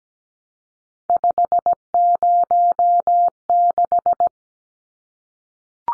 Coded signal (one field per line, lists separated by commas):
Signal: Morse code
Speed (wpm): 17 wpm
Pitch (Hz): 700 Hz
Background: none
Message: 506